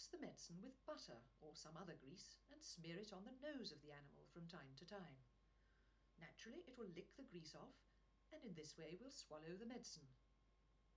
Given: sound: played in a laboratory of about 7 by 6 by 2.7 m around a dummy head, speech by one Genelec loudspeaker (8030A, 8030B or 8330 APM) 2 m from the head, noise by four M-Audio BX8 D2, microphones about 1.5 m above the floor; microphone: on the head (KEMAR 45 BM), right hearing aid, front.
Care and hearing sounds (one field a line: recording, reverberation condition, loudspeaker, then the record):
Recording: female speech in English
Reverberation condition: low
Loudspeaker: 90 degrees to the right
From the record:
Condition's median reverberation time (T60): about 310 ms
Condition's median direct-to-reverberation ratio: about 3.5 dB